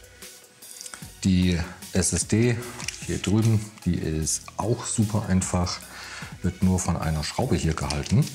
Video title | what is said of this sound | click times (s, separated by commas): Lenovo IdeaPad 3-15IML05 von Innen - RAM, SSD, Akku, Lüfter wechseln | so ein bisschen nach unten gedrückt bis die beiden Klammern wieder einrasten | 0.8 s, 0.9 s